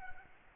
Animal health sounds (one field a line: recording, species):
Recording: mosquito wingbeat signal from an infrared sensor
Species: Aedes albopictus